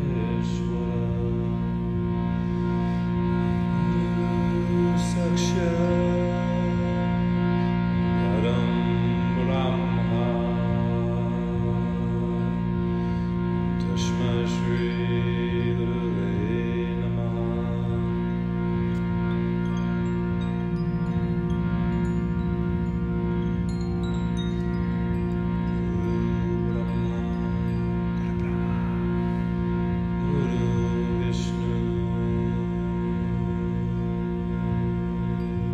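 A steady, layered drone of bowls and harmonium holds low sustained tones throughout, with bright bell-like strikes and sliding voice or flute accents every few seconds.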